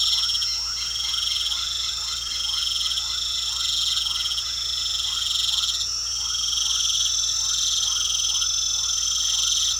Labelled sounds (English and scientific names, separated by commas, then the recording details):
none
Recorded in pastures near Puerto Asís, Putumayo, Colombia, on 9 March 2025 at 20:00
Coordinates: 0.497, -76.327
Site G072